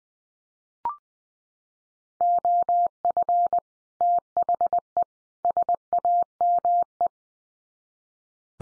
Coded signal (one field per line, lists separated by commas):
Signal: Morse code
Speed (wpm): 20 wpm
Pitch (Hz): 700 Hz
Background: none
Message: OF THE SAME